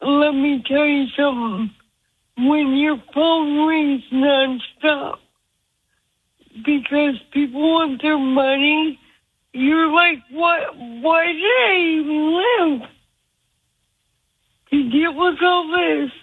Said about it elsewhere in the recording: It sounds like you've had the kind of stroke, it's probably on the left side of your brain, and it's affected your speech. That's called aphasia.